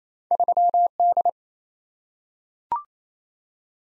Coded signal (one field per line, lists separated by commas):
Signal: Morse code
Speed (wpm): 27 wpm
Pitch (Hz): 700 Hz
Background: none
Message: 3D